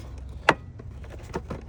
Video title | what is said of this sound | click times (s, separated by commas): 🔥 Volvo P2 💯 2006 S60 T5 White Block 👍 Step by Step Prep to Unbolt & Remove VVT Hub from Camshaft 07 | There's the other click. | 0.5 s